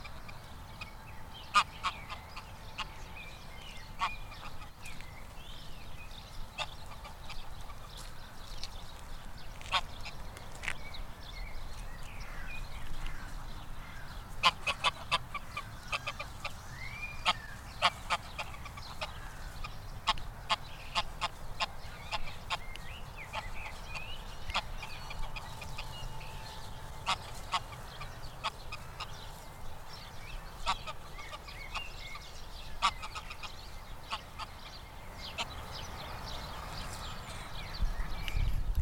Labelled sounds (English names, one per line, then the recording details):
Greylag Goose call
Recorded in captivity
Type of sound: call
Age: adult
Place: Tierpark Berlin, Berlin, DE
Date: 1990-04-25 17:45
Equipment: Uher 4400 Report Monitor, Sennheiser ME 80, K 30 AV
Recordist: Fischer, Stefan
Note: Rufe